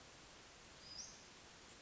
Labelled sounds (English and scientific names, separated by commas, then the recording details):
Western Flycatcher (Empidonax difficilis)
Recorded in Sonoma County, California